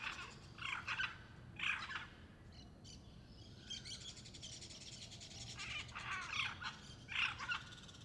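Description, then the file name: Macaw giving rough, grating squawks in scattered bursts, with a quieter stretch in the middle, over low background noise. In Goiânia in the afternoon; reverberant setting, constant cricket and very distant traffic. "Arara e outros passaros no ifg goiania a tarde ambiente reverberante, grilo constante, transito bem longe"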